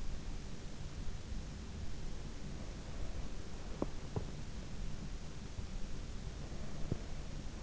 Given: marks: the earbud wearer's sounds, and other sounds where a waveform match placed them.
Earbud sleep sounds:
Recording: sounds in sleep by an in-ear microphone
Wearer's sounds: teeth grinding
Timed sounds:
3.72-4.26 s: teeth grinding

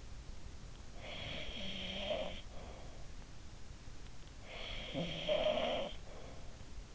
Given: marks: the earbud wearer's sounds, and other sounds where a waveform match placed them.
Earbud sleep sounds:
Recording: sounds in sleep by an in-ear microphone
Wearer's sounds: snoring breath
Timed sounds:
0.48-3.22 s: snoring breath
4.06-6.43 s: snoring breath

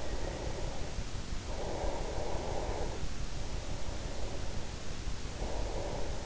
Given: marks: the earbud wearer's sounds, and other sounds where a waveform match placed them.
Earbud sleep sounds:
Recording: sounds in sleep by an in-ear microphone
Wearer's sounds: breath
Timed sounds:
0.22-3.23 s: breath
3.44-6.26 s: breath

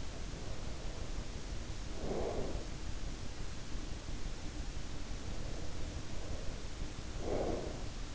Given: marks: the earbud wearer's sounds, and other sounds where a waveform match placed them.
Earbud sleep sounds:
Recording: sounds in sleep by an in-ear microphone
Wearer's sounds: breath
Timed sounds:
0.26-2.76 s: breath
5.10-8.15 s: breath

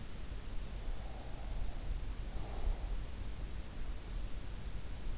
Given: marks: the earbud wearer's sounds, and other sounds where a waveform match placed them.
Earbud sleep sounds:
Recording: sounds in sleep by an in-ear microphone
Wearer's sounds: breath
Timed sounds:
0.80-3.37 s: breath

